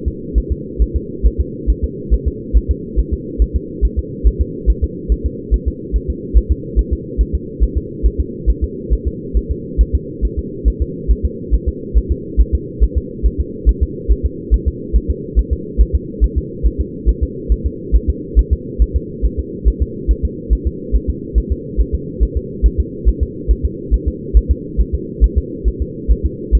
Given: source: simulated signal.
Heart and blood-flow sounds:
fetal heart sounds
0.08 s: S2
0.38 s: S1
0.52 s: S2
0.82 s: S1
0.96 s: S2
1.26 s: S1
1.41 s: S2
1.70 s: S1
1.84 s: S2
2.14 s: S1
2.28 s: S2
2.57 s: S1
2.71 s: S2
2.99 s: S1
3.14 s: S2
3.42 s: S1
3.56 s: S2
3.85 s: S1
3.99 s: S2
4.27 s: S1
4.41 s: S2
4.70 s: S1
4.84 s: S2
5.12 s: S1
5.26 s: S2
5.54 s: S1
5.68 s: S2
5.96 s: S1
6.10 s: S2
6.38 s: S1
6.52 s: S2
6.79 s: S1
6.93 s: S2
7.21 s: S1
7.35 s: S2
7.63 s: S1
7.78 s: S2
8.06 s: S1
8.20 s: S2
8.50 s: S1
8.64 s: S2
8.93 s: S1
9.07 s: S2
9.37 s: S1
9.51 s: S2
9.81 s: S1
9.95 s: S2
10.25 s: S1
10.39 s: S2
10.68 s: S1
10.82 s: S2
11.11 s: S1
11.25 s: S2
11.54 s: S1
11.69 s: S2
11.98 s: S1
12.12 s: S2
12.41 s: S1
12.55 s: S2
12.84 s: S1
12.98 s: S2
13.26 s: S1
13.40 s: S2
13.69 s: S1
13.83 s: S2
14.12 s: S1
14.26 s: S2
14.54 s: S1
14.68 s: S2
14.96 s: S1
15.10 s: S2
15.39 s: S1
15.53 s: S2
15.81 s: S1
15.95 s: S2
16.24 s: S1
16.38 s: S2
16.67 s: S1
16.81 s: S2
17.09 s: S1
17.23 s: S2
17.52 s: S1
17.66 s: S2
17.96 s: S1
18.10 s: S2
18.39 s: S1
18.53 s: S2
18.82 s: S1
18.96 s: S2
19.25 s: S1
19.40 s: S2
19.68 s: S1
19.82 s: S2
20.11 s: S1
20.25 s: S2
20.53 s: S1
20.67 s: S2
20.96 s: S1
21.10 s: S2
21.38 s: S1
21.52 s: S2
21.81 s: S1
21.95 s: S2
22.23 s: S1
22.37 s: S2
22.66 s: S1
22.80 s: S2
23.09 s: S1
23.23 s: S2
23.51 s: S1
23.65 s: S2
23.94 s: S1
24.08 s: S2
24.37 s: S1
24.51 s: S2
24.81 s: S1
24.95 s: S2
25.24 s: S1
25.38 s: S2
25.68 s: S1
25.82 s: S2
26.12 s: S1
26.26 s: S2
26.55 s: S1
From the record:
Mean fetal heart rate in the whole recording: 140 bpm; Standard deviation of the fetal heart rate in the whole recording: 2 bpm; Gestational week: 34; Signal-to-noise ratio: -4.1 dB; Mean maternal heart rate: no maternal heart sound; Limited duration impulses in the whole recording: absent

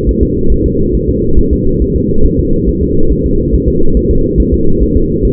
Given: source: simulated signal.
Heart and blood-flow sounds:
fetal heart sounds
0.09 s: S1
0.23 s: S2
0.52 s: S1
0.66 s: S2
0.95 s: S1
1.09 s: S2
1.39 s: S1
1.53 s: S2
1.82 s: S1
1.96 s: S2
2.25 s: S1
2.40 s: S2
2.69 s: S1
2.83 s: S2
3.12 s: S1
3.26 s: S2
3.54 s: S1
3.68 s: S2
3.97 s: S1
4.11 s: S2
4.40 s: S1
4.54 s: S2
4.83 s: S1
4.97 s: S2
5.25 s: S1
From the record:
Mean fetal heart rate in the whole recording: 140 bpm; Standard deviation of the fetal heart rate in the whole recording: 2 bpm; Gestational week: 34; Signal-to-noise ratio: -19.1 dB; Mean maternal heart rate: 72 bpm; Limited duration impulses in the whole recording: present

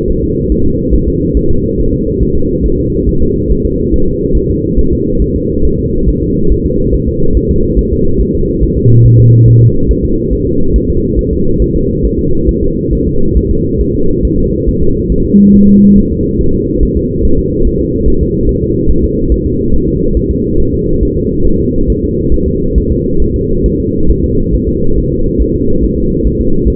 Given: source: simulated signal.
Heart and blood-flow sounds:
fetal heart sounds
0.10 s: S1
0.24 s: S2
0.52 s: S1
0.66 s: S2
0.94 s: S1
1.08 s: S2
1.37 s: S1
1.51 s: S2
1.80 s: S1
1.94 s: S2
2.23 s: S1
2.37 s: S2
2.66 s: S1
2.80 s: S2
3.09 s: S1
3.23 s: S2
3.51 s: S1
3.66 s: S2
3.94 s: S1
4.08 s: S2
4.37 s: S1
4.51 s: S2
4.79 s: S1
4.93 s: S2
5.22 s: S1
5.36 s: S2
5.65 s: S1
5.79 s: S2
6.08 s: S1
6.22 s: S2
6.52 s: S1
6.66 s: S2
6.94 s: S1
7.08 s: S2
7.37 s: S1
7.51 s: S2
7.79 s: S1
7.93 s: S2
8.21 s: S1
8.35 s: S2
8.63 s: S1
8.77 s: S2
9.06 s: S1
9.20 s: S2
9.48 s: S1
9.62 s: S2
9.91 s: S1
10.05 s: S2
10.33 s: S1
10.47 s: S2
10.76 s: S1
10.90 s: S2
11.19 s: S1
11.33 s: S2
11.62 s: S1
11.76 s: S2
12.05 s: S1
12.19 s: S2
12.49 s: S1
12.63 s: S2
12.93 s: S1
13.07 s: S2
13.37 s: S1
13.51 s: S2
13.81 s: S1
13.95 s: S2
14.25 s: S1
14.39 s: S2
14.69 s: S1
14.83 s: S2
15.12 s: S1
15.26 s: S2
15.55 s: S1
15.69 s: S2
15.98 s: S1
16.12 s: S2
16.41 s: S1
16.55 s: S2
16.83 s: S1
16.97 s: S2
17.25 s: S1
17.39 s: S2
17.67 s: S1
17.81 s: S2
18.08 s: S1
18.22 s: S2
18.49 s: S1
18.63 s: S2
18.91 s: S1
19.04 s: S2
19.32 s: S1
19.46 s: S2
19.74 s: S1
19.88 s: S2
20.17 s: S1
20.31 s: S2
20.60 s: S1
20.74 s: S2
21.03 s: S1
21.17 s: S2
21.47 s: S1
21.61 s: S2
21.90 s: S1
22.04 s: S2
22.34 s: S1
22.48 s: S2
22.78 s: S1
22.92 s: S2
23.22 s: S1
23.36 s: S2
23.66 s: S1
23.80 s: S2
24.10 s: S1
24.24 s: S2
24.54 s: S1
24.69 s: S2
24.98 s: S1
25.12 s: S2
25.42 s: S1
25.56 s: S2
25.84 s: S1
25.98 s: S2
26.27 s: S1
26.41 s: S2
26.68 s: S1
From the record:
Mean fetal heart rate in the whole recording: 140 bpm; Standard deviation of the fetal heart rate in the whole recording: 2 bpm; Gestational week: 34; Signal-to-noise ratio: -17.7 dB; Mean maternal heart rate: 72 bpm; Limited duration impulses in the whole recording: present

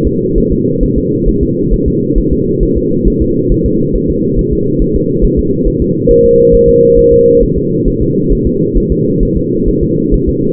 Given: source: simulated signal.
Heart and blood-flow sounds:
fetal heart sounds
0.07 s: S2
0.38 s: S1
0.52 s: S2
0.83 s: S1
0.98 s: S2
1.29 s: S1
1.43 s: S2
1.73 s: S1
1.88 s: S2
2.18 s: S1
2.33 s: S2
2.63 s: S1
2.77 s: S2
3.08 s: S1
3.22 s: S2
3.52 s: S1
3.66 s: S2
3.95 s: S1
4.10 s: S2
4.39 s: S1
4.53 s: S2
4.82 s: S1
4.96 s: S2
5.25 s: S1
5.39 s: S2
5.67 s: S1
5.82 s: S2
6.11 s: S1
6.25 s: S2
6.55 s: S1
6.69 s: S2
6.99 s: S1
7.13 s: S2
7.43 s: S1
7.58 s: S2
7.88 s: S1
8.02 s: S2
8.32 s: S1
8.47 s: S2
8.77 s: S1
8.92 s: S2
9.23 s: S1
9.37 s: S2
9.69 s: S1
9.83 s: S2
10.14 s: S1
10.29 s: S2
From the record:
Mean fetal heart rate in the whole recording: 135 bpm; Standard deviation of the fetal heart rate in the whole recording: 3 bpm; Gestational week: 36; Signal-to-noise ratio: -11.2 dB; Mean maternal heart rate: 72 bpm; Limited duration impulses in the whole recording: present

